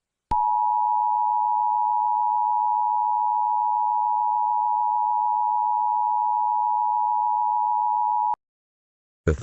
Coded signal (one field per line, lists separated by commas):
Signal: Emergency Alert System (SAME) tones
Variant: 853 and 960 Hz attention tone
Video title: EAS Scenario [bloody Maverick] ([mini Scenario])